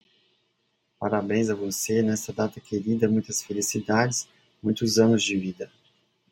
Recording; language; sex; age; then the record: short text; Brazilian Portuguese; male; 40 to 49 years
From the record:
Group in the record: control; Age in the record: 44 years